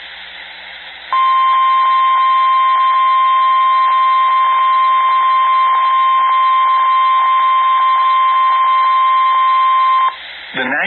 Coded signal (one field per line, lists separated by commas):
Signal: Emergency Alert System (SAME) tones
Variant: 1050 Hz attention tone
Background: speech